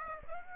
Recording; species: mosquito wingbeat signal from an infrared sensor; Aedes aegypti